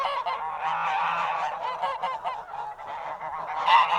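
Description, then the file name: Goose: geese in a flock give a constant tumble of overlapping nasal honks, loud and unbroken throughout. "Geese Horde Honk"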